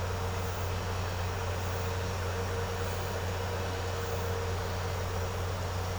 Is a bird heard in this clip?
no